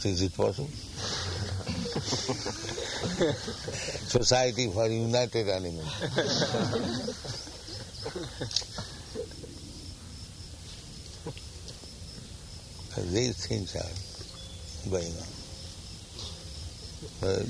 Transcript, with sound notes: Is it possible? "Society for United Animals." [laughter] So these things are going on.